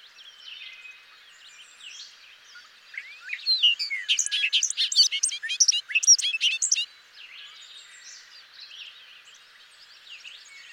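Bobolink song, one burst of rapid, bubbling, bell-like notes of about four seconds, with soft twittering before and after.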